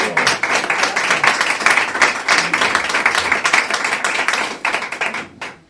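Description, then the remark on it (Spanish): A crowd breaks into applause, a dense, steady patter of many hands clapping for several seconds before it thins out and stops abruptly near the end. “Pues un aplauso para el”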